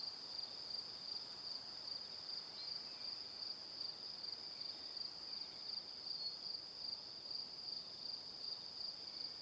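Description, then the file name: Cricket with continuous high, rapid chirping pulses at an even pace over faint background hiss. "Calm - Evening Crickets"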